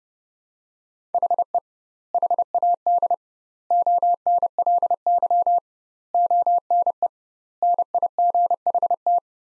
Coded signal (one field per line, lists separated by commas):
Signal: Morse code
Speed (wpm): 28 wpm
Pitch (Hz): 700 Hz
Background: none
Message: HE HAD ONLY ONE NIGHT